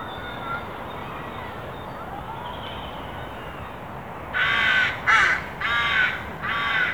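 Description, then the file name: Carrion crow: four seconds of quiet background hiss, then a quick run of four loud, rasping caws in close succession. "Corvus corone"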